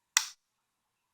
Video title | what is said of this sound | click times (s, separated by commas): SPEKTRUM DX6 TRANSMITTER & LI-ion battery and charger installation and radio setup | wait for the click | 0.2 s